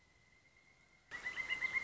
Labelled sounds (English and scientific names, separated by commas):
Pileated Woodpecker (Dryocopus pileatus)